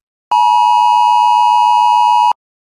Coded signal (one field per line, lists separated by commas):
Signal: Emergency Alert System (SAME) tones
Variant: 853 and 960 Hz attention tone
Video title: 2024 Danish EAS (Emergency Alert System) | TV 2 Denmark